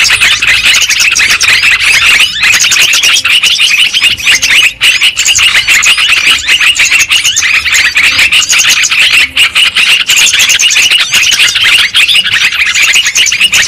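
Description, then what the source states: Continuous lovebird chattering, dense shrill twittering from many birds at once, loud and steady. Bird-trapping lure recording of lovebirds, in Indonesian 'pikat burung'.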